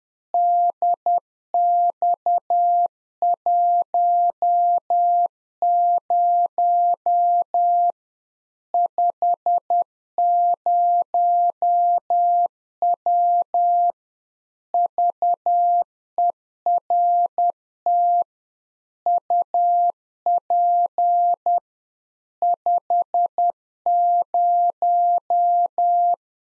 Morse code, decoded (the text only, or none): DX10 50W VERT UP 50